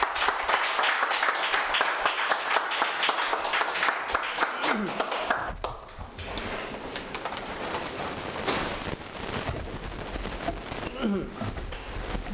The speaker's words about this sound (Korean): 나오실 때 우리 감사와 또 격려의 박수를 한번 드리도록 하겠습니다.